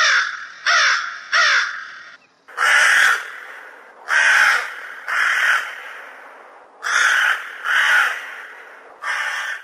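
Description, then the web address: Crow giving loud, drawn-out harsh caws, three short ones first, then several longer hoarse caws with brief gaps. "hayvanlar karga"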